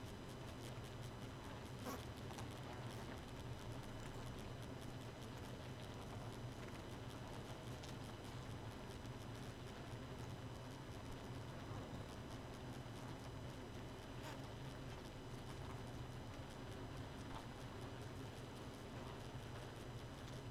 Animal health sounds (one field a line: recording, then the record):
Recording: honeybee colony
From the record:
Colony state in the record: missing queen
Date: 31 May 2018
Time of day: 2:11